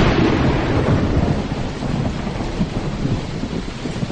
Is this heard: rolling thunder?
yes